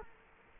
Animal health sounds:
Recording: mosquito wingbeat signal from an infrared sensor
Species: Culex quinquefasciatus

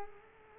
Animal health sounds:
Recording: mosquito wingbeat signal from an infrared sensor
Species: Culex quinquefasciatus

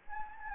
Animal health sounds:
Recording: mosquito wingbeat signal from an infrared sensor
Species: Anopheles gambiae

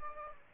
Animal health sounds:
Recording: mosquito wingbeat signal from an infrared sensor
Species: Aedes aegypti

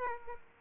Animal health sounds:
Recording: mosquito wingbeat signal from an infrared sensor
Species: Aedes aegypti

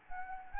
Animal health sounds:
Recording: mosquito wingbeat signal from an infrared sensor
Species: Anopheles arabiensis

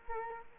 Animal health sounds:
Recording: mosquito wingbeat signal from an infrared sensor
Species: Culex quinquefasciatus

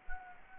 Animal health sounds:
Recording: mosquito wingbeat signal from an infrared sensor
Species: Anopheles gambiae

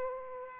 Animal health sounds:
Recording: mosquito wingbeat signal from an infrared sensor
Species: Aedes aegypti

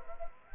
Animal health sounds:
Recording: mosquito wingbeat signal from an infrared sensor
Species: Anopheles gambiae

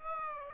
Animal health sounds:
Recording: mosquito wingbeat signal from an infrared sensor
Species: Aedes aegypti

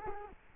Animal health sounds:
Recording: mosquito wingbeat signal from an infrared sensor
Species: Culex quinquefasciatus

